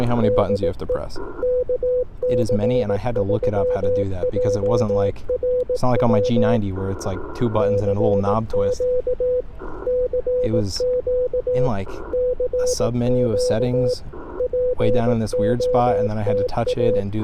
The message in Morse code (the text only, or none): DE KC3JRW CQ CQ CQ POTA